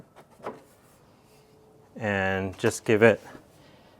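A carbon fiber side duct panel for a 1991–2005 NSX is held against the body clips on the quarter panel and lined up before the firm push that snaps it home. A soft tap is heard around 0.5 s, then someone talks from about 2.0 s. Nothing has seated or clicked yet.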